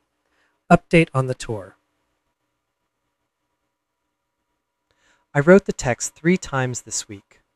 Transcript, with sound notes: So. Update on the Tour. [pause] I wrote the text three times this week.